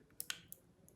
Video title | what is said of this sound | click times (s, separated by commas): How to Setup Missyou 3D Hologram Fan: 42cm vs 50cm Review & Software Tutorial (PC & App) | put it back inside the fun again you just need to hear the click | 0.2 s